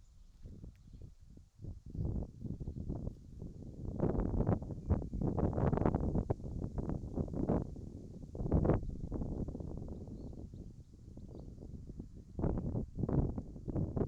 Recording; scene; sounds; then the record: everyday scene through a hearing-aid microphone; wind on the microphone; wind, whistling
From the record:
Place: in front of a rural house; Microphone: in the ear canal, right